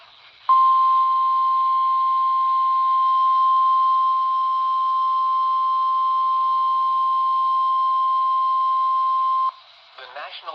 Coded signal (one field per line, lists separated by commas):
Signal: Emergency Alert System (SAME) tones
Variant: 1050 Hz attention tone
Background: speech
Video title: (EAS "#859") Severe Thunderstorm Warning from WXJ20 (Columbia, SC) - 8/1/2025